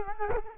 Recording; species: mosquito wingbeat signal from an infrared sensor; Culex quinquefasciatus